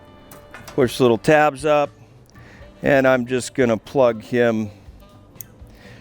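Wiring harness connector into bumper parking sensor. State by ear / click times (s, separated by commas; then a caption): seated / 5.4 s. A wiring harness plug is pushed back into a parking sensor on a front bumper for a Ford Bronco while someone talks over faint background music. A small, sharp click at 5.4 s marks the connector seating in the sensor.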